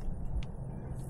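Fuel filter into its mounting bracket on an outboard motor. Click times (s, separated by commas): 0.4 s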